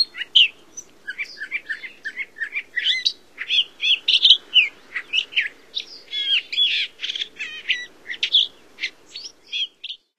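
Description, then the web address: Long-billed Thrasher song, a long, hurried stream of varied chirps, buzzes and sharp notes in rapid phrases, over a faint low hum. "Songs of Birds of North America Stokes. Long-billed Thrasher"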